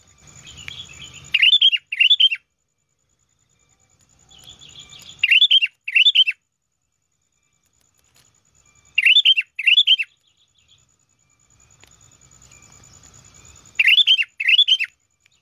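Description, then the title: Sooty-headed bulbul song: four short bubbly phrases of rolling notes, spaced about four seconds apart, against a constant thin high tone and a low rumble. "Kutilang"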